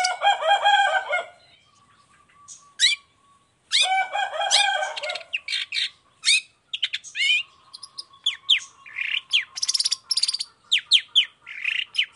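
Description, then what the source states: Long-tailed shrike song mixing rich harmonic calls, a sustained thin whistle, and rapid sweeping chirps and trills in varied sequence. Long-tailed shrike in full song in the morning, with 'toet toet' notes, varied clear-voiced phrases; offered as a model for other shrikes to imitate.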